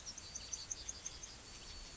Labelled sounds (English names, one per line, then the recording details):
Yellowhammer song
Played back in grassland
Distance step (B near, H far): F
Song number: 141